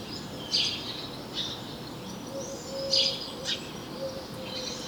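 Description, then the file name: House sparrow chirps, short bright notes in a few scattered bursts, with a faint steady hum underneath. "Passer domesticus"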